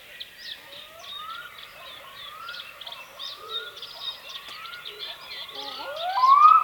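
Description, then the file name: Black-throated diver giving drawn-out rising wails that swell louder toward the end, over busy high chirping of small birds. "Digiffects Sound Effects Library - Black Throated Diver Bird"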